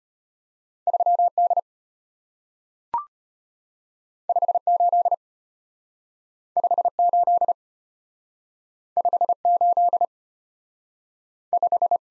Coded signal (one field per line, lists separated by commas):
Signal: Morse code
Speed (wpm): 35 wpm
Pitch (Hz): 700 Hz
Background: none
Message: 3D 58 58 58 5